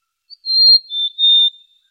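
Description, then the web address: Bird song: a quick pip, then a long whistle and two slightly lower whistled notes, smooth and tonal, no other sounds. Birds singing at night in the mountains in calm weather. "le chant des oiseaux la nuit dans les montagnes par temps calme"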